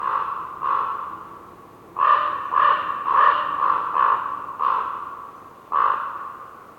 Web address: WINTER Forest windy whistling blizzard snow with raven bird croaking, North Laurentian Woods, Canada. GDC 2018-Game Audio Bundle